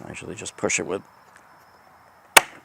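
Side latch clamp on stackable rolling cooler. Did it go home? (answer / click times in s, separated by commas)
yes / 2.4 s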